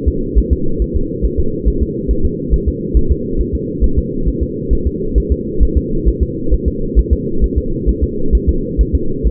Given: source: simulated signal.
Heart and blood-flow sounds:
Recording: fetal heart sounds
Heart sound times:
0.08 s: S2
0.38 s: S1
0.53 s: S2
0.82 s: S1
0.96 s: S2
1.25 s: S1
1.40 s: S2
1.68 s: S1
1.83 s: S2
2.11 s: S1
2.25 s: S2
2.54 s: S1
2.68 s: S2
2.97 s: S1
3.12 s: S2
3.40 s: S1
3.55 s: S2
3.84 s: S1
3.99 s: S2
4.28 s: S1
4.43 s: S2
4.73 s: S1
4.87 s: S2
5.18 s: S1
5.32 s: S2
5.63 s: S1
5.77 s: S2
6.08 s: S1
6.23 s: S2
6.53 s: S1
6.68 s: S2
6.99 s: S1
7.13 s: S2
7.44 s: S1
7.58 s: S2
7.89 s: S1
8.04 s: S2
8.35 s: S1
8.49 s: S2
8.81 s: S1
8.95 s: S2
9.26 s: S1
From the record:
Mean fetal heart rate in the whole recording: 135 bpm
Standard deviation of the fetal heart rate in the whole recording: 3 bpm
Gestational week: 34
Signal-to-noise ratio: -8.1 dB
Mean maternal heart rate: 72 bpm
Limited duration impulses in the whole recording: absent

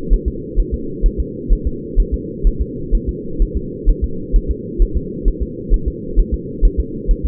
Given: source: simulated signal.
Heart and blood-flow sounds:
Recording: fetal heart sounds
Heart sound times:
0.13 s: S1
0.28 s: S2
0.59 s: S1
0.74 s: S2
1.06 s: S1
1.20 s: S2
1.52 s: S1
1.67 s: S2
2.00 s: S1
2.14 s: S2
2.47 s: S1
2.61 s: S2
2.95 s: S1
3.09 s: S2
3.42 s: S1
3.57 s: S2
3.89 s: S1
4.04 s: S2
4.36 s: S1
4.51 s: S2
4.82 s: S1
4.97 s: S2
5.28 s: S1
5.42 s: S2
5.74 s: S1
5.88 s: S2
6.19 s: S1
6.34 s: S2
6.65 s: S1
6.80 s: S2
7.11 s: S1
7.25 s: S2
From the record:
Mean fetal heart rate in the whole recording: 130 bpm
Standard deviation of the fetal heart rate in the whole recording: 2 bpm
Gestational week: 38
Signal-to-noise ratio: -4.3 dB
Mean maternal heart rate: 72 bpm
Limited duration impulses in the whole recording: absent

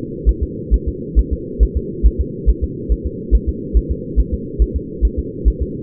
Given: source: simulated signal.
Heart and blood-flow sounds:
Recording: fetal heart sounds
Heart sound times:
0.29 s: S1
0.43 s: S2
0.74 s: S1
0.88 s: S2
1.19 s: S1
1.33 s: S2
1.63 s: S1
1.77 s: S2
2.06 s: S1
2.21 s: S2
2.50 s: S1
2.64 s: S2
2.92 s: S1
3.07 s: S2
3.35 s: S1
3.49 s: S2
3.77 s: S1
3.92 s: S2
4.20 s: S1
4.34 s: S2
4.62 s: S1
4.76 s: S2
5.05 s: S1
5.19 s: S2
5.48 s: S1
5.62 s: S2
From the record:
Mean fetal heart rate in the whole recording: 135 bpm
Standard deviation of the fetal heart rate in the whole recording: 3 bpm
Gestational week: 34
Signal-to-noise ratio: -4.1 dB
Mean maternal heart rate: no maternal heart sound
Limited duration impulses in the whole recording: absent

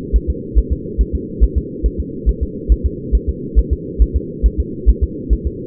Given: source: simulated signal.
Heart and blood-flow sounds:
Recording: fetal heart sounds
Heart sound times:
0.16 s: S1
0.30 s: S2
0.58 s: S1
0.73 s: S2
1.01 s: S1
1.15 s: S2
1.44 s: S1
1.58 s: S2
1.86 s: S1
2.00 s: S2
2.29 s: S1
2.43 s: S2
2.72 s: S1
2.86 s: S2
3.15 s: S1
3.29 s: S2
3.59 s: S1
3.73 s: S2
4.02 s: S1
4.16 s: S2
4.46 s: S1
4.60 s: S2
4.90 s: S1
5.04 s: S2
5.33 s: S1
5.47 s: S2
From the record:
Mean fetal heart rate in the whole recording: 140 bpm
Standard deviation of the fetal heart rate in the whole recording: 2 bpm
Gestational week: 34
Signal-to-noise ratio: -4.1 dB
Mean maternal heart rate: no maternal heart sound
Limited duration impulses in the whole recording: absent

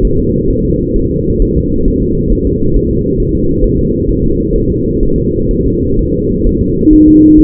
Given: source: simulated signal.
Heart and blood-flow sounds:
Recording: fetal heart sounds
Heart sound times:
0.05 s: S1
0.19 s: S2
0.50 s: S1
0.65 s: S2
0.96 s: S1
1.11 s: S2
1.42 s: S1
1.57 s: S2
1.88 s: S1
2.03 s: S2
2.32 s: S1
2.47 s: S2
2.76 s: S1
2.91 s: S2
3.20 s: S1
3.35 s: S2
3.64 s: S1
3.79 s: S2
4.09 s: S1
4.24 s: S2
4.56 s: S1
4.70 s: S2
5.03 s: S1
5.18 s: S2
5.51 s: S1
5.66 s: S2
5.99 s: S1
6.14 s: S2
6.47 s: S1
6.61 s: S2
6.93 s: S1
7.08 s: S2
7.40 s: S1
From the record:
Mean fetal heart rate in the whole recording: 130 bpm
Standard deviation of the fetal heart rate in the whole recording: 4 bpm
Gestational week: 38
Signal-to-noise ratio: -15.3 dB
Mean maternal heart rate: 72 bpm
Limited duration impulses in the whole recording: present

